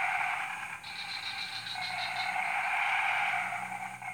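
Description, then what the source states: Frog chorus hums on continuously, with one short run of rapid clicking pulses early on. Frog chorus recorded at 03:00 on Tuesday 14 February 2017 at Jalan Kolonel Sugiono No. 9, Kuala Kapuas, Central Kalimantan, Indonesia.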